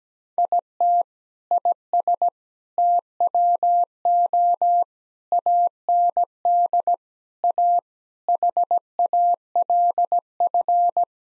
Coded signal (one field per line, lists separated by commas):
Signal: Morse code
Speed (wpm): 17 wpm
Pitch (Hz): 700 Hz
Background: none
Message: IT IS TWO AND A HALF